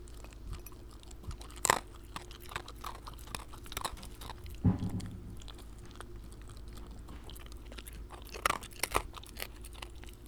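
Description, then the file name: Shiba Inu chewing food: continuous crunching and clicking, with a few louder knocks and a low thump midway. While eating. "柴犬の食事中"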